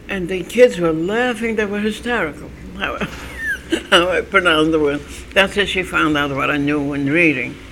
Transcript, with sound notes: And the kids were laughing, they were hysterical. (She laughs) How I pronounced the words. That's how she found out what I knew in reading.